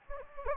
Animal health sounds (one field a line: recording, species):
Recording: mosquito wingbeat signal from an infrared sensor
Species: Anopheles gambiae